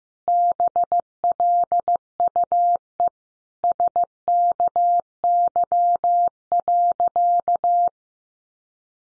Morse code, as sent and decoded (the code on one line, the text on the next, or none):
-... .-.. ..- . / ... -.- -.-- .-.-.-
BLUE SKY.